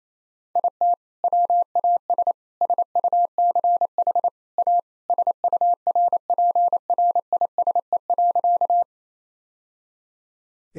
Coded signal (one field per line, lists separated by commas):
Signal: Morse code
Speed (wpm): 28 wpm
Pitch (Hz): 700 Hz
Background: none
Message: IT WAS SUCH A SURPRISE.